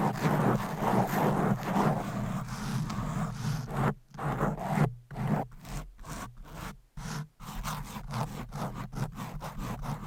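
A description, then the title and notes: Fast, aggressive scratching against a microphone, a dense rasping and rubbing that fills the first four seconds without pause. After that it turns choppy, with short bursts broken by abrupt near-silent gaps, then quick repeated strokes until the end. ASMR Fast and Aggressive Mic Scratching.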